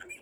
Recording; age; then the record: pig call; piglet (1 to 25 days)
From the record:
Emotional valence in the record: negative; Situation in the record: restrain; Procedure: sham castration, fixation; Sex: male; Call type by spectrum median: high-frequency call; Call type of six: high-frequency stable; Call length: 0.22 s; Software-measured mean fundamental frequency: 275 Hz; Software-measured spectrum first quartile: 1824 Hz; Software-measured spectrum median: 2461 Hz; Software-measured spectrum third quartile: 6762 Hz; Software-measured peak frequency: 2397 Hz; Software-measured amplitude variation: 163 dB a second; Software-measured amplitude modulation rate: 13.5 a second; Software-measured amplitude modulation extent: 12.1 dB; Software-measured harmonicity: 9.1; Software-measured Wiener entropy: -4.53